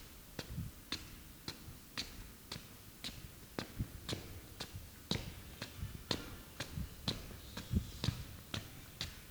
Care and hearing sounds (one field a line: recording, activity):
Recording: daily activity, guitar pickup as the sensor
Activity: walk